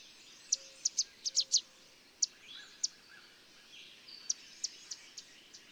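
Bird chirps: short, sharp, very high notes given singly and in small clusters, with no trill, over a faint background hiss.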